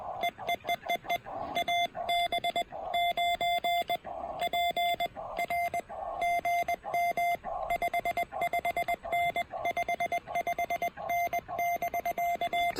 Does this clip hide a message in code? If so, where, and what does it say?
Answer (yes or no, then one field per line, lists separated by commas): yes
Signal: Morse code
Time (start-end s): 0.2-12.7 s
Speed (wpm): 20 wpm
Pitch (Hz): 700 Hz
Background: none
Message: EEEEE AB9PR GM 55N 55N <BK>